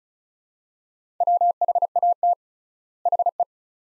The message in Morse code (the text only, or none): WHAT HE